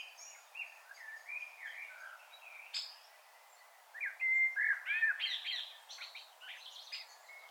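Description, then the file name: Common blackbird song, soft warbling at first, then a louder burst of fluting and scratchy notes after a brief lull, with background hiss. "Turdus merula"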